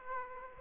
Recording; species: mosquito wingbeat signal from an infrared sensor; Aedes aegypti